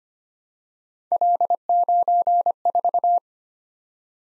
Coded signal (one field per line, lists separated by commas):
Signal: Morse code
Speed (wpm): 25 wpm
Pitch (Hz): 700 Hz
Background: none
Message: L94